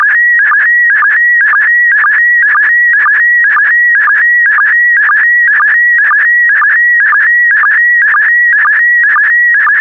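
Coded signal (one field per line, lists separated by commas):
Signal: SSTV (slow-scan television)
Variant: PD120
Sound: steady warbling high tone with regular short low blips, twice a second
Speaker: the next image transmission will start in 10 seconds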